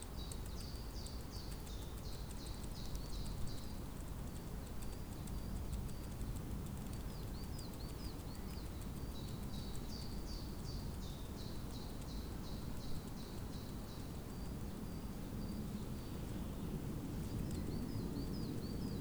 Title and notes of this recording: Spring Day Atop Tivoli. Recorded in Tivoli Park, in Ljubljana, Slovenia